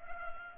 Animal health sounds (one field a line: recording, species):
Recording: mosquito wingbeat signal from an infrared sensor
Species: Culex pipiens